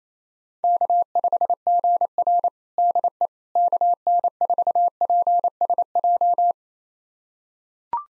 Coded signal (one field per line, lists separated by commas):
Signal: Morse code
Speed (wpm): 28 wpm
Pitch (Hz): 700 Hz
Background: none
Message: K5GR DE KN4PSJ